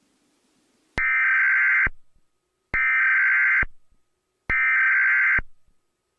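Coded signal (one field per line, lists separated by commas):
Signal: Emergency Alert System (SAME) tones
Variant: header bursts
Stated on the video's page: Fictional EAS scenario for entertainment, not a real alert.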